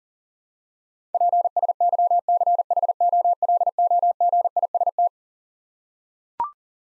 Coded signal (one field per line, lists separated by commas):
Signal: Morse code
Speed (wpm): 40 wpm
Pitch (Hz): 700 Hz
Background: none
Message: PSYCHOLOGIST